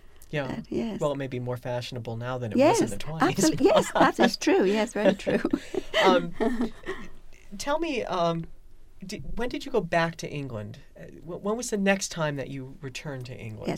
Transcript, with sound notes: Yeah, well, it may be more fashionable now than it was in the Twenties.
Yes, absolutely, that is true, yes. Very true. (they laugh)
Tell me, when did you go back to England? When was the next time that you returned to England?